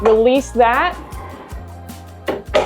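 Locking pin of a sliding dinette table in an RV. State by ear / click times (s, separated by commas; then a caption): seated / 2.3 s, 2.5 s. The locking pin on the sliding dinette table of a Brinkley Model G Dinesk RV is released and the table is slid until the pin locks it in the center position. Someone talks over background music, and two sharp knocks at 2.3 s and 2.6 s mark the pin locking into place.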